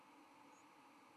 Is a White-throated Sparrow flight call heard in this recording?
no